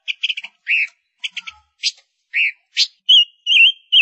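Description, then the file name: Gouldian finch singing in brief bursts: clipped chirps and short whistles, ending with a few wavering, warbled whistles. Female bird singing. "Tieng chim ngu sac mai hot"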